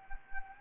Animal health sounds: mosquito wingbeat signal from an infrared sensor; Anopheles arabiensis

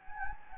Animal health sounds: mosquito wingbeat signal from an infrared sensor; Anopheles gambiae

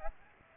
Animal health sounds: mosquito wingbeat signal from an infrared sensor; Aedes aegypti

